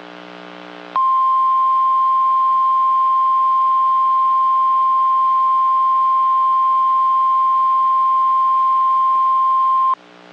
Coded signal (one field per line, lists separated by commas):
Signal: Emergency Alert System (SAME) tones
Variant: 1050 Hz attention tone